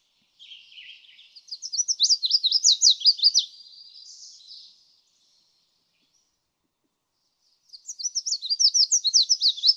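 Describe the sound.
Red-faced warbler song: a high twittering phrase rising into loud, quick sweet notes and a softer tail, then a second phrase starting after a silent gap.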